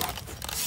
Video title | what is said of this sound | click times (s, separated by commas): Swagtron EB7 Elite Plus E-Bike Unbox - HAPPY - VISUAL TESTAMENTS | pull this on up you want to come around here and that just kind of snaps | 0.0 s, 0.4 s